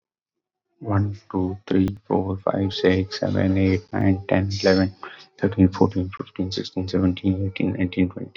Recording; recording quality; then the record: counting at a fast pace; moderate, slight background noise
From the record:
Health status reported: COVID-19 positive, mild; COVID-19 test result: positive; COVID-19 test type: RT-PCR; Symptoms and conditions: cough, cold, fatigue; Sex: male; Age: 39 years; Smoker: no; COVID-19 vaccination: both doses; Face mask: worn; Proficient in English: yes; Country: India